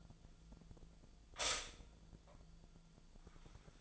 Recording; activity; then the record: daily activity, microphone in the room; stop toaster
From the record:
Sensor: 5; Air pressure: 1009.4 hPa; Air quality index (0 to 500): 168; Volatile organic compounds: 4 ppm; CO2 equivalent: 1634 ppm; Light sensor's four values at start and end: 90/239/97/102 and 90/238/97/102